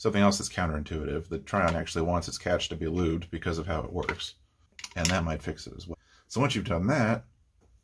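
Someone talks while handling the lubricated plastic plunger catch of a Game Face Trion toy foam-dart blaster, with faint handling noise between the words. The catch has been adjusted and lubed so it can lock when the plunger is primed, but nothing has seated or clicked yet when the clip ends.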